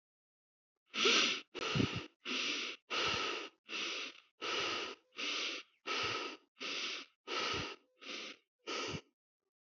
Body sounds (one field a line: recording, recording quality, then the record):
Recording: shallow breathing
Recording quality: excellent, no background noise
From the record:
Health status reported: healthy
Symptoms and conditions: cough, cold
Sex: male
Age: 24 years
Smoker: not ticked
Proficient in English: yes